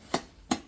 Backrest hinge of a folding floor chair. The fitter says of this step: that locks into place you can sit at it on it flat just for cushion